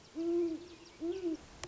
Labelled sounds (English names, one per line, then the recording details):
Great Horned Owl
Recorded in Sonoma County, California